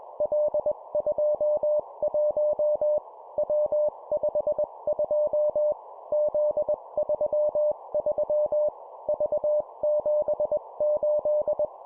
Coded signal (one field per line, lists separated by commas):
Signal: Morse code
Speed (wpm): 21 wpm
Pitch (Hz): 600 Hz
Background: none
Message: L21 W52 Z33 V78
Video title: 20wpm Three letter words letter,number,number, morse code practice